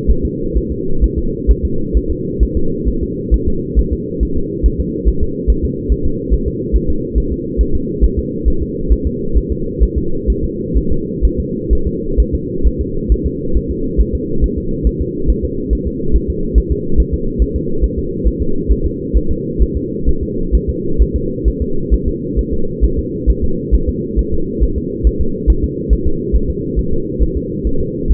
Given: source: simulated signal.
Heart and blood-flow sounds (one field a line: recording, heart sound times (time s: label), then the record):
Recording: fetal heart sounds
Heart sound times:
0.10 s: S1
0.25 s: S2
0.57 s: S1
0.72 s: S2
1.04 s: S1
1.18 s: S2
1.51 s: S1
1.65 s: S2
1.97 s: S1
2.11 s: S2
2.43 s: S1
2.57 s: S2
2.88 s: S1
3.03 s: S2
3.34 s: S1
3.48 s: S2
3.79 s: S1
3.93 s: S2
4.23 s: S1
4.37 s: S2
4.66 s: S1
4.80 s: S2
5.09 s: S1
5.23 s: S2
5.50 s: S1
5.65 s: S2
5.92 s: S1
6.06 s: S2
6.34 s: S1
6.48 s: S2
6.76 s: S1
6.90 s: S2
7.18 s: S1
7.32 s: S2
7.61 s: S1
7.75 s: S2
8.04 s: S1
8.19 s: S2
8.48 s: S1
8.62 s: S2
8.93 s: S1
9.07 s: S2
9.37 s: S1
9.52 s: S2
9.83 s: S1
9.98 s: S2
10.30 s: S1
10.44 s: S2
10.77 s: S1
10.92 s: S2
11.25 s: S1
11.40 s: S2
11.73 s: S1
11.87 s: S2
12.20 s: S1
12.35 s: S2
12.67 s: S1
12.81 s: S2
13.12 s: S1
13.26 s: S2
13.57 s: S1
13.71 s: S2
14.01 s: S1
14.15 s: S2
14.44 s: S1
14.58 s: S2
14.87 s: S1
15.02 s: S2
15.30 s: S1
15.45 s: S2
15.73 s: S1
15.87 s: S2
16.16 s: S1
16.30 s: S2
16.58 s: S1
16.72 s: S2
17.00 s: S1
17.14 s: S2
17.42 s: S1
17.56 s: S2
17.84 s: S1
17.99 s: S2
18.27 s: S1
18.42 s: S2
18.72 s: S1
18.86 s: S2
19.17 s: S1
19.31 s: S2
19.62 s: S1
19.77 s: S2
20.09 s: S1
20.23 s: S2
20.55 s: S1
20.70 s: S2
21.02 s: S1
21.16 s: S2
21.48 s: S1
21.62 s: S2
21.94 s: S1
22.08 s: S2
22.39 s: S1
22.54 s: S2
22.84 s: S1
22.99 s: S2
23.30 s: S1
23.44 s: S2
23.75 s: S1
23.89 s: S2
24.19 s: S1
24.34 s: S2
24.63 s: S1
24.78 s: S2
25.07 s: S1
25.21 s: S2
25.50 s: S1
25.64 s: S2
25.93 s: S1
26.07 s: S2
26.35 s: S1
26.50 s: S2
26.79 s: S1
26.93 s: S2
27.23 s: S1
27.37 s: S2
27.67 s: S1
27.81 s: S2
28.12 s: S1
From the record:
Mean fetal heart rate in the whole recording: 135 bpm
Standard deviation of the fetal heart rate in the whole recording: 3 bpm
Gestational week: 34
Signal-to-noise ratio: -8.1 dB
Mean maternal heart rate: 72 bpm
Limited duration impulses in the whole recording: absent